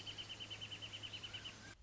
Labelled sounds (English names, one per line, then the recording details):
Wrentit
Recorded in Sonoma County, California